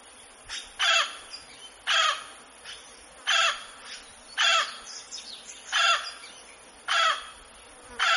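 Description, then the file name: Mealy amazon uttering loud, raspy squawks in steady succession, with fainter notes between them. "canto do do papagaio moleiro"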